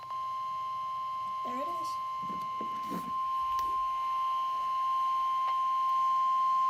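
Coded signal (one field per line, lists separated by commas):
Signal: Emergency Alert System (SAME) tones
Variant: 1050 Hz attention tone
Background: speech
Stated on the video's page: Tornado Watch alert received on NOAA Weather Radio.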